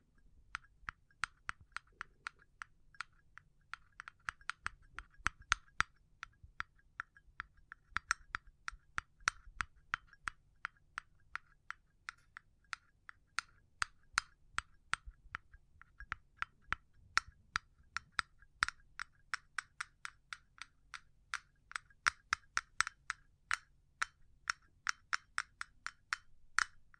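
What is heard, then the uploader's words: Sharp, crisp taps sound one after another, sometimes spaced and slower, sometimes bunching into fast runs, especially in the second half. Each tap is a short, bright click with a slight low thump underneath, over a quiet, faint low hum. ASMR Pure Tapping Fast and Slow (No Talking).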